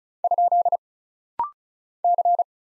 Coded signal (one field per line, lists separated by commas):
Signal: Morse code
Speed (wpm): 36 wpm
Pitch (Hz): 700 Hz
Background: none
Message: ? C